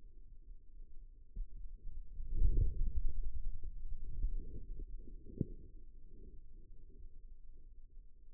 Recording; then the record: forearm muscle sounds (acoustic myography)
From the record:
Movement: hand closing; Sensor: system 2, bracelet of six BSWA MPA416 microphones around the upper forearm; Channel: 4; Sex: male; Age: 22 years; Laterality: right